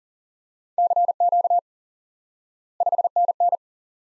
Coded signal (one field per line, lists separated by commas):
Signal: Morse code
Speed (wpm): 39 wpm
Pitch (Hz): 700 Hz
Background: none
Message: CQ 5NN